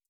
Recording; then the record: hydrophone in a shrimp aquaculture tank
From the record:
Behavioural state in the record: feeding